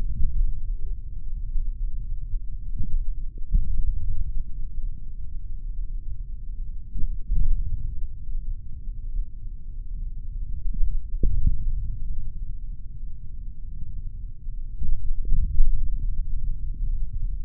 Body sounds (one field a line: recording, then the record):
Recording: forearm muscle sounds (acoustic myography)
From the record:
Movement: index flexion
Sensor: system 3, bracelet of six PUI Audio POM-2738L microphones around the upper forearm, with dedicated amplification and filtering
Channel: 3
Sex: male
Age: 26 years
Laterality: right